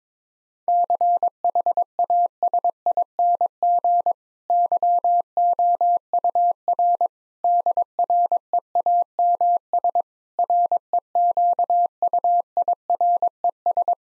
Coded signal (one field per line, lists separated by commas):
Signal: Morse code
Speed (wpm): 22 wpm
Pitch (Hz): 700 Hz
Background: none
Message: CHASING YOUR DREAMS REQUIRES